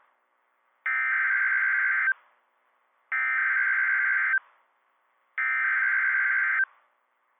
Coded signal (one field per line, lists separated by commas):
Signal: Emergency Alert System (SAME) tones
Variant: header bursts